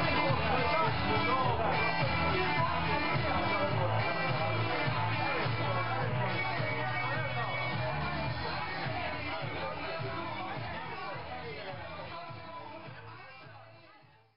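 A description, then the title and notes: Loud rock music fills a crowded tourist bar, with a thumping bass line moving steadily underneath a dense wash of guitar and voices. Patrons' chatter blends into the din throughout, and the whole scene fades away over the last few seconds. Loud tourist bar. Loud rock music and drinking at Huxley's bar in the Houhai section of Beijing, China.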